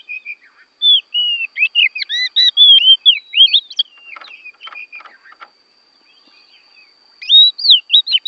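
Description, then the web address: Oriental magpie-robin delivering rapid whistled phrases and harsher chattering notes, then a quiet gap before more bright, looping whistles. Borneo form; a recording used for training songbirds (masteran). "kacer borneo. masteran kacer"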